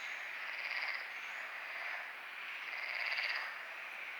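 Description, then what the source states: Frog chorus of buzzy pulsed croaks, two louder bursts rising above a steady background of overlapping calls. Frogs calling at night at Lagoa do Congro; binaural recording with EQ applied.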